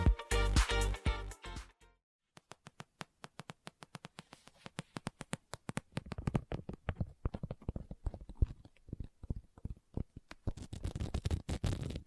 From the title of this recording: Book Tapping, Scratching, Page Turning